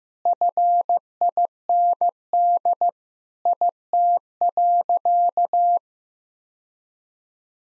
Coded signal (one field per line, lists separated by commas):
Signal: Morse code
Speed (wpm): 15 wpm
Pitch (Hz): 700 Hz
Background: none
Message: FIND IT.